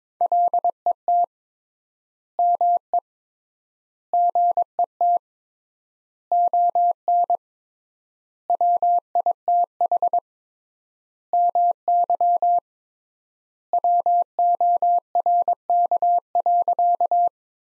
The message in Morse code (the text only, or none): LET ME GET ON WITH MY WORK.